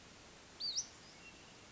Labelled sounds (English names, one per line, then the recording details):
Western Flycatcher
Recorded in Sonoma County, California